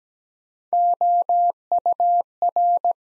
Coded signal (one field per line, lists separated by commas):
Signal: Morse code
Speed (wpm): 17 wpm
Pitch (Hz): 700 Hz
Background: none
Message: OUR